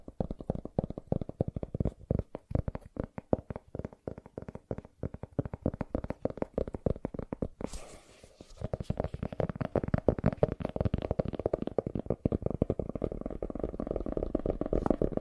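Fast tapping in dense, rapid bursts of dull, low-to-mid knocks, irregular in rhythm and nearly continuous. Around the eight-second mark a brief hissing scrape cuts in, then the tapping resumes, quicker and busier through to the end.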